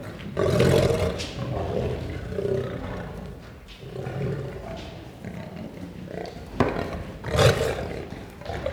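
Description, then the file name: Lion giving heavy, throaty growls that swell into short roaring bursts, separated by brief lulls. Growling and roaring. "Het grommen en brullen van een leeuw - Beeld en Geluid"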